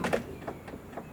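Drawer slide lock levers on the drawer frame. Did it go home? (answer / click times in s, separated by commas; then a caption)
released / 0.0 s, 0.1 s. Two release levers on the drawer slides of a drawer frame in the back of a truck are pushed down and the drawer is pulled. The slide lock unlatches with sharp clicks at 0.0 and 0.1 s, followed by fainter slide and rattle sounds as it releases a little before sliding out the rest of the way.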